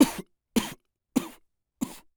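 Four slow, evenly spaced, weak single coughs from an adult man, each fading out; an acted sound effect of a dying cough.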